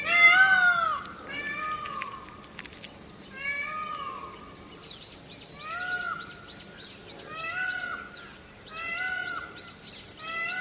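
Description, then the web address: Myna calls: a mix of harsh, arched notes and chattering bursts, coming in clusters every couple of seconds over a steady background hiss. "animal-sound myna-sound"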